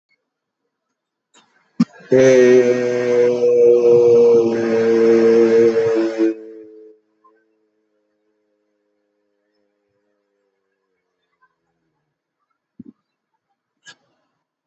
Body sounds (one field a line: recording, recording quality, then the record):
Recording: sustained vowel as in made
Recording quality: excellent, no background noise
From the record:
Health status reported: healthy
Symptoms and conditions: none ticked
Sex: male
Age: 52 years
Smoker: not ticked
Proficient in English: no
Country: India